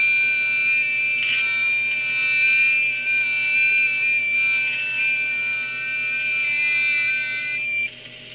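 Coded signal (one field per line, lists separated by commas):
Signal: FT8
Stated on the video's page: FT8 contacts made on a transceiver on the 80m, 40m, 30m and 20m bands.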